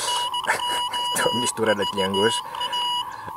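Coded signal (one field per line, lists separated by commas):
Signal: Morse code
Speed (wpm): 17 wpm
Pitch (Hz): 2900 Hz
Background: speech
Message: NOVA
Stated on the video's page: Radiotelegraphy from the SAQ station at Grimeton, Sweden, transmitted with the world's only remaining Alexanderson alternator.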